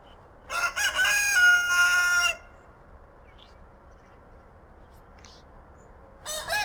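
Rooster crowing: a full loud crow in the first seconds, then a second crow just beginning at the end, over faint background hum.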